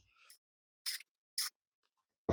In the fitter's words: Until it clicks over.